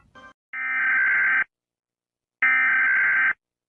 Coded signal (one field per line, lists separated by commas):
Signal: Emergency Alert System (SAME) tones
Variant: header bursts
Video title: Reacting to eas alarms of how i sleep (+face reveal)